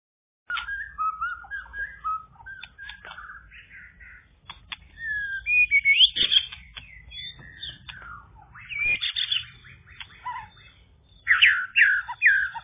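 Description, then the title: Java sparrow song, a long, uneven series of clicks, chirps and sliding notes, with louder bursts around the middle and again near the end. "kicau gelatik"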